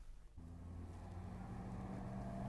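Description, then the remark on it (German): A car engine starts rumbling after a brief quiet moment, a low steady hum with a slight swell as a car flagged down on a street rolls up and stops. No one speaks. “trieben ihn auf die Straße, wo er, zusammen mit seiner Braut Effie Marconi, hilfesuchend ein Auto anhielt”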